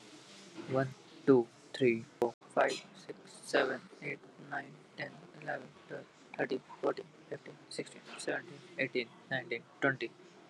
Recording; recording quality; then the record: counting at a normal pace; excellent, no background noise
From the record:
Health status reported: respiratory illness, not identified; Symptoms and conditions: asthma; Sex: male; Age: 23 years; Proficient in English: yes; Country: India